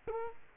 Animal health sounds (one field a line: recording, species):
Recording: mosquito wingbeat signal from an infrared sensor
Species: Culex quinquefasciatus